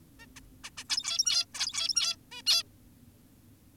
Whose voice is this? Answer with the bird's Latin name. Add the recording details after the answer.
Taeniopygia guttata. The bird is an adult. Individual g17y2U